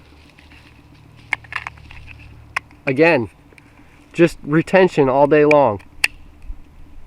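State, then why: Seated. A Holtzman Gorilla Survival Silverback fixed-blade knife with a D2 blade is pushed into its plastic sheath while someone talks, with a few light ticks of handling early on. The knife seats with a sharp, positive snap at 6.0 s.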